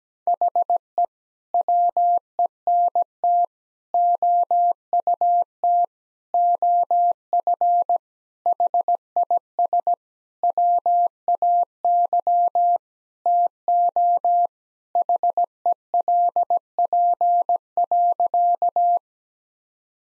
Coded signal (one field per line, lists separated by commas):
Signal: Morse code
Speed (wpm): 17 wpm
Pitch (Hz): 700 Hz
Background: none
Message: HE WENT OUT OF HIS WAY TO HELP.